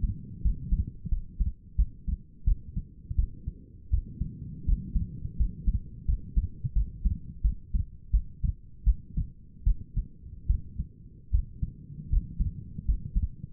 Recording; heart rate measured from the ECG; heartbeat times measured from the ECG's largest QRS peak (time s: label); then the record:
heart sounds by stethoscope; 82 bpm
0.42 s: heartbeat
1.10 s: heartbeat
1.77 s: heartbeat
2.45 s: heartbeat
3.16 s: heartbeat
3.91 s: heartbeat
4.66 s: heartbeat
5.37 s: heartbeat
6.06 s: heartbeat
6.74 s: heartbeat
7.42 s: heartbeat
8.11 s: heartbeat
8.85 s: heartbeat
9.64 s: heartbeat
10.47 s: heartbeat
11.32 s: heartbeat
12.10 s: heartbeat
12.86 s: heartbeat
From the record:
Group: healthy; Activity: rest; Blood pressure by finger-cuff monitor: 110/70 mmHg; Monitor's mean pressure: 86 mmHg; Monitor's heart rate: 84 bpm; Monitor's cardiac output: 6.6 L/min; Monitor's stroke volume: 78 mL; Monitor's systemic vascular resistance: 950 dyn s/cm5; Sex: female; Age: 37 years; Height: 168 cm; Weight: 70 kg